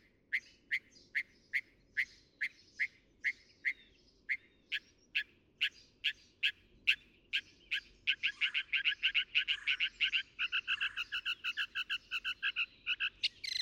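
Northern mockingbird song: a long, steady series of sharp repeated notes, then a fast, dense run of buzzy phrases.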